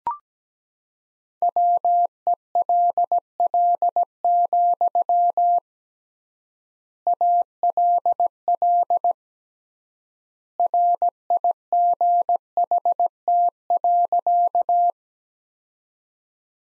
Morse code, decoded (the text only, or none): WELL, ALL RIGHT.